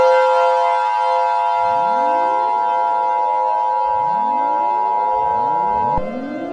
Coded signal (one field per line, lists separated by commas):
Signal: Emergency Alert System (SAME) tones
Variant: 853 and 960 Hz attention tone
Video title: Lust's Full Extent - An EAS scenario